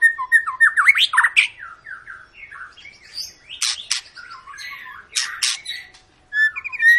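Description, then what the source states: White-rumped shama singing: fast harsh chattering notes mixed with whistled slurs and a few loud sharp chips. Long lure song (pancingan) of an energetically singing (gacor) shama, used to prompt other birds to sing.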